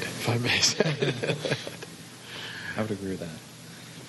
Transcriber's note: laughter